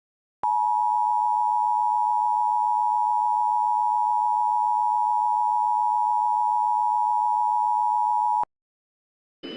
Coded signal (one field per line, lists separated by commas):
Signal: Emergency Alert System (SAME) tones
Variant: 853 and 960 Hz attention tone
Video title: EAS Scenario - WordWorld